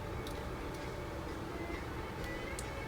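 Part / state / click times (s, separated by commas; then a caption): plastic trim pin into body panel hole / not seated / none. A large plastic locating pin on a car trim panel of a 1998 Pontiac Firebird Ram-Air is pressed into its mounting hole in the body panel. It goes in only partway because the hole is too small, so it is to be widened with a knife. Steady background noise and a few faint ticks are heard, with one brief sharper tick at about 2.6 s, but nothing has seated or clicked yet.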